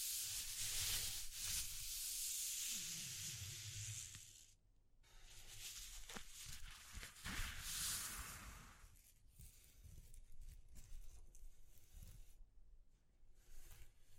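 Textures are handled up close in an ASMR style: bright, papery scratching and rustling fills the first few seconds, then drops away briefly near the five-second mark. Afterward come softer, sparser brushing and crinkling, with a few sharp ticks and low thumps scattered throughout.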